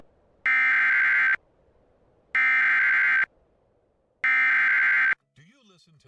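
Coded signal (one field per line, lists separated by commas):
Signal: Emergency Alert System (SAME) tones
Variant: header bursts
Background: speech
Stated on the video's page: Real severe thunderstorm warning for North Texas and Southern Oklahoma storms.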